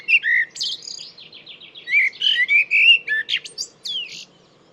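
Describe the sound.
Bird in continuous song: a fast rattling trill followed by rich warbled whistles and sharp chirps, varied and rapid throughout.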